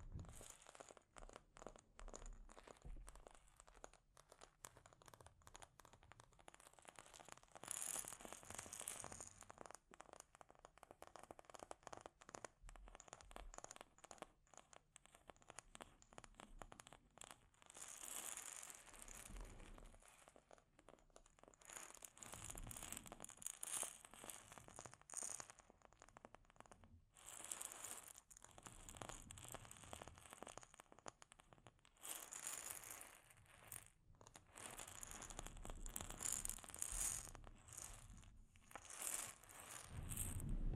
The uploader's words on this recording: ASMR Delicate Mic Scratching and Tapping Triggers for Instant Sleep (No Talking).